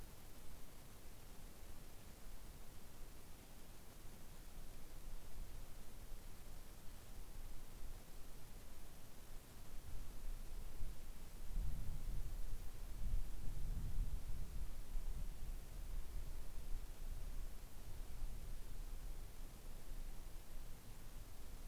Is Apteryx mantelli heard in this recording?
no